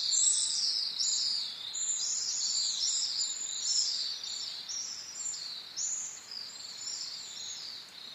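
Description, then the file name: Pacific swift giving shrill, buzzy screeching trills high in pitch, almost continuous throughout, with faint background hiss. Recorded 5 May 2010 at 08:56. "amatubame-20100505-085604"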